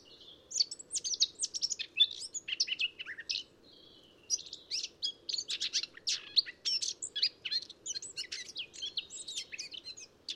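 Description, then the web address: Eurasian blackcap song, bursts of scratchy rapid warbling separated by a short gap, then a long run of high chattering notes. "SETE data Sylvia atricapilla"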